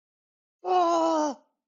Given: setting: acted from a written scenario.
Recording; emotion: vocal sound without words; fear